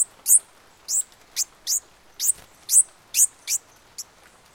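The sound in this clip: Bird calls: high, piercing chirps given in an uneven series, some paired closely, others spaced by nearly a second, over a quiet background.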